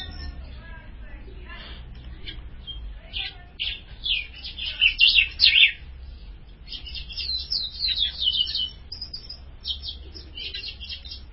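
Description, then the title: Ultramarine grosbeak singing loud warbled phrases of rich, sliding whistles, amid constant high chirps and twitters. "Azulao"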